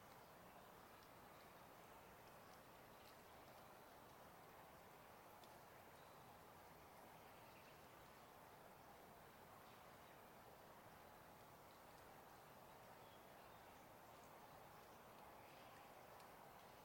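Distant water washes steadily through the whole recording, a dense, even rush that stays full in the low and middle range without swelling or fading. Faint small ticks and clicks surface now and then above the flow.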